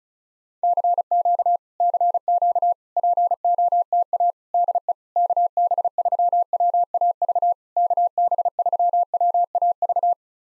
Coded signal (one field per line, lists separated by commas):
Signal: Morse code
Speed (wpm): 34 wpm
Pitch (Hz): 700 Hz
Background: none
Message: CQ CQ POTA DE KB3WAV KB3WAV